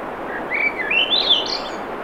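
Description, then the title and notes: Swainson's thrush: an upward-winding flute phrase climbing to high thin notes, with a steady wash of surf behind it. Singing, 7:15 pm, 7 June 2017, low 50s, clear skies, between tides; Sun Dew Trail near Ocean Beach, Schoodic Peninsula, Acadia National Park, Maine; Fostex FR2, ME 66 shotgun; high-pass filtered against surf. "Swainson's Thrush pm. Swainson's Thrush singing Wednesday June 7, 2017 7:15 pm temperature low 50s clear skies between the tides Sun Dew Trail where it intersects with trail to Ocean Beach Schoodic Pennisula Acadia National Park Winter Harbor, ME"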